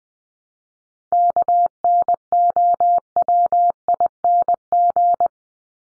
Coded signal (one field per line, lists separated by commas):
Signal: Morse code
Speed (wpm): 20 wpm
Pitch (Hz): 700 Hz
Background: none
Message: KNOWING